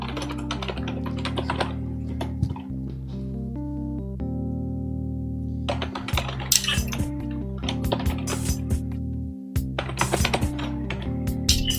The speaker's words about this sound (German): Dein Tippen hört man. Sehr witzig. Hört man auch.